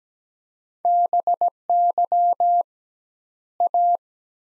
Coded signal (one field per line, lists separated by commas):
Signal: Morse code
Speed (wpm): 17 wpm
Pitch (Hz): 700 Hz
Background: none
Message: BY A